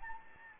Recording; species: mosquito wingbeat signal from an infrared sensor; Anopheles gambiae